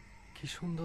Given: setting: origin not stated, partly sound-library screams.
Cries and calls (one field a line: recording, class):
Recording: one-second piece from a danger detection set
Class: normal situation